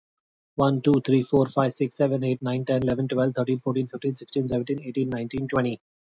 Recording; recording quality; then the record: counting at a fast pace; excellent, no background noise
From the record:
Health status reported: healthy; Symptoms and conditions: cold, fatigue, muscle pain, loss of smell and taste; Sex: male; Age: 39 years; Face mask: not worn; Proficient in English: yes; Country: India